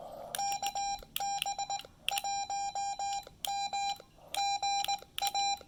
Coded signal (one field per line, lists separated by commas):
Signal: Morse code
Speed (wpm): 19 wpm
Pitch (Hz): 800 Hz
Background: none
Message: KB1MGA